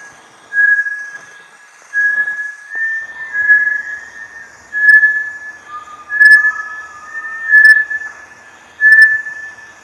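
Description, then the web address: Bartlett's tinamou repeating pure level whistles about every one and a quarter seconds, with a second, lower whistled tone joining briefly. "sound Bartlett's-tinamou. صدای-پرنده-وشم-بارتلت"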